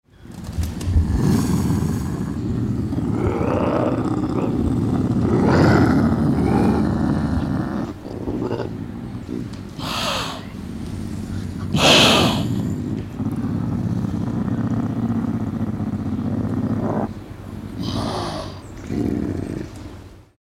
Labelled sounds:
Eurasian Lynx (Lynx lynx)
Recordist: Tembrock, Günter
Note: Fauchen und Knurren eines Katers

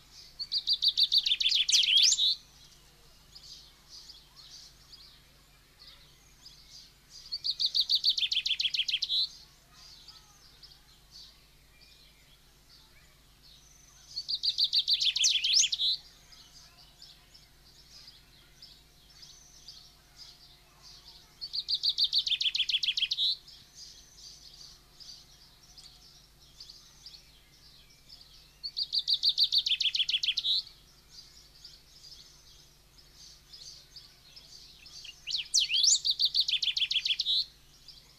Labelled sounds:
Golden-billed Saltator (Saltator aurantiirostris) song
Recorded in captivity
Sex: male
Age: adult
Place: Zoo Berlin, Berlin, DE
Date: 1991-06-03 10:00
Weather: cloudy, 12-15 °C
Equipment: Marantz, Sennheiser ME 80, Kopie Tesla B 116
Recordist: Tembrock, Günter

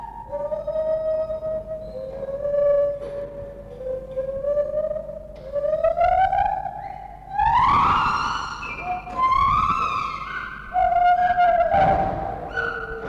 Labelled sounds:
Lar Gibbon (Hylobates lar)
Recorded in captivity
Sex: pair
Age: adult
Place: Zoo Berlin, Berlin, DE
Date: 1960-11-05 12:00
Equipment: Minifon, Kopie Smaragd
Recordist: Tembrock, Günter

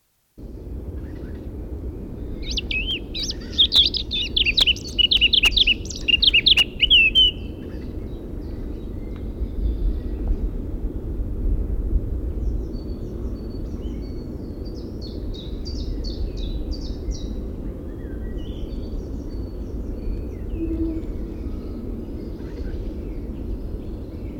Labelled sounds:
Eurasian Blackcap (Sylvia atricapilla)
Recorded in the wild
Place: Lieberose, Brandenburg, DE
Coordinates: 51.983, 14.299
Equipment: Nagra III BH, Sennheiser MD 21, parabola
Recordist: Schubert, Michael

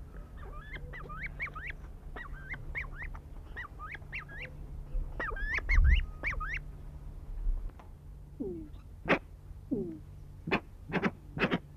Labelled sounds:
Grey-winged Trumpeter (Psophia crepitans) call
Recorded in captivity
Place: Zoo Osnabrück, DE
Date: 1976-11-15
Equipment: Halbspur, 9,5 cm/s
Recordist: Lütgens, Hans

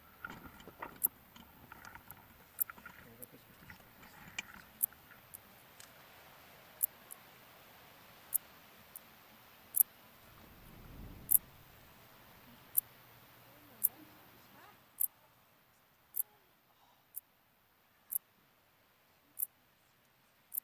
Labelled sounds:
Wartbiter (Decticus verrucivorus) stridulation
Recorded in the wild
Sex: male
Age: imago
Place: Kloster, Insel Hiddensee, Mecklenburg-Vorpommern, DE
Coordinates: 54.5908, 13.1061
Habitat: dry meadow
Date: 2011-09-04 12:23
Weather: 29°C, sunny, weak winds
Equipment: Fostex FR2-LE, Sennheiser ME66, Popschutz
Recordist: Frommolt, Karl-Heinz

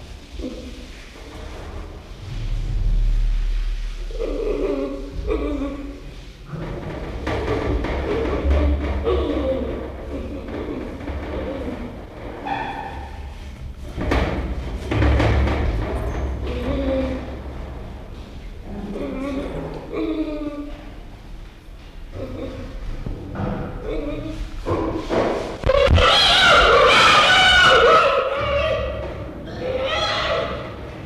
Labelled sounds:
Western Gorilla (Gorilla gorilla) call
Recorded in captivity
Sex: male
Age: juvenile
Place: Zoo Rostock, Mecklenburg-Vorpommern, DE
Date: 1975-12-05 10:05
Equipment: Uher CR 210, Sennheiser MD 421, Verstärker, Kopie Unitra ZK 246
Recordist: Tembrock, Günter

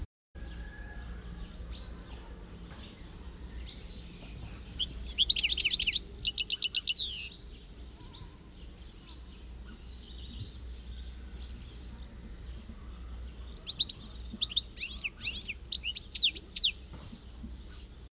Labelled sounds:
European Goldfinch (Carduelis carduelis) song
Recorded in the wild
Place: Techentin, Mecklenburg-Vorpommern, DE
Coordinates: 53.587, 11.989
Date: 1972-06-14
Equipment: Nagra III BH, Sennheiser MD 21, parabola
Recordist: Schubert, Michael
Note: Gesang Stieglitz

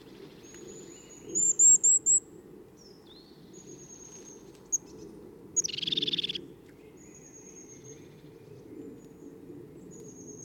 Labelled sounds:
European Crested Tit (Lophophanes cristatus)
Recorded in the wild
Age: adult
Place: Kaiserslautern, Rheinland-Pfalz, DE
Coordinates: 49.4372, 7.80972
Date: 1978-02-28
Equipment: Nagra IV, Sennheiser MKH 405, Parabolreflektor
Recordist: Tretzel, Erwin
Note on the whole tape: Alte Buche: Haubenmeise Gesang und Erregungsrufe

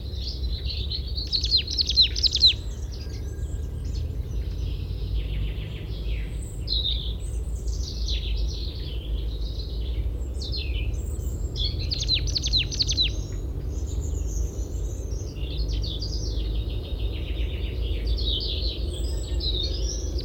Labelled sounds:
Willow Tit (Poecile montanus) song
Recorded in the wild
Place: Ralswiek, Insel Rügen, Mecklenburg-Vorpommern, DE
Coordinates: 54.475, 13.446
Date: 1970-04-25
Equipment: Nagra III BH, Sennheiser MD 21, parabola
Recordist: Schubert, Michael
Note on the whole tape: Bei Ralswiek: Ges. Weidenmeise, 4 Ges. formen, zum Schluß leichter Regen, ein Part ohne Reflektor

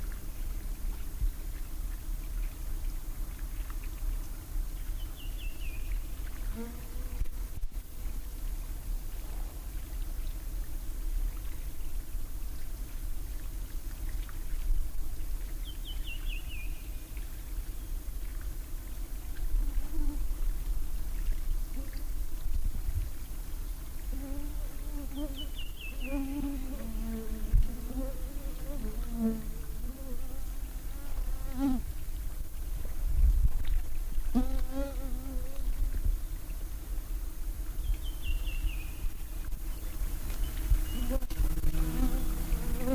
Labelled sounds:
Redwing (Turdus iliacus) song
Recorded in the wild
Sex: male
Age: adult
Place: Halbinsel Kindo, Karelien, RU
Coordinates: 66.5439, 33.1072
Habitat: taiga
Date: 1990-07-02 23:14
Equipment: Uher 4000 Report Monitor, Sennheiser MKH 416 T
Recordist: Frommolt, Karl-Heinz

